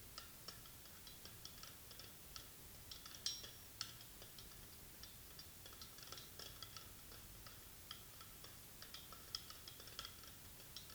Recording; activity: daily activity, guitar pickup as the sensor; fry